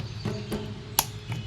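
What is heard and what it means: A plastic tail is pushed into the body of a plastic dinosaur figure and clicks into place. A sharp, bright click is heard at 1.0 s over a low background hum, with a fainter tap at 1.3 s. The tail seats firmly.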